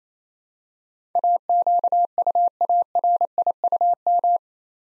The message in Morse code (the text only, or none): AQUARIUM